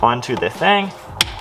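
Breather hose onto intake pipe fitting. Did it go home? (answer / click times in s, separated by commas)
yes / 1.2 s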